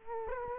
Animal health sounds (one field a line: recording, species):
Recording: mosquito wingbeat signal from an infrared sensor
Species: Culex quinquefasciatus